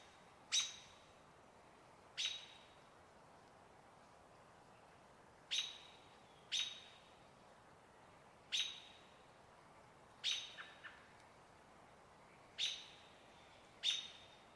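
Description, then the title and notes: American Robin giving eight sharp, high clipped calls, spaced irregularly about one to three and a half seconds apart. Evening calls, 12 May, still-water riparian area in the Cascade Mountains; evergreen forest, cottonwoods near water; robins active mornings and evenings, quiet mid-day; evening call slightly faster. "Evening At Trout Creek Campground. 12th of May. still-water riparian area. Cascade Mountains range"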